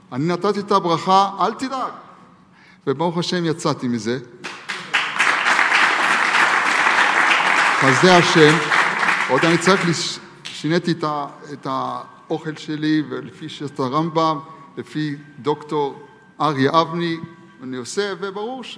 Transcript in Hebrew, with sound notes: 'אני נתתי את הברכה אל תדאג!' וברוך השם יצאתי מזה [מחיאות כפים] חסדי השם, עוד אני צריך שינתי את את האוכל שלי ולפי שיטת הרמב"ם לפי דוקטור אריה אבני אני עושה וברוך...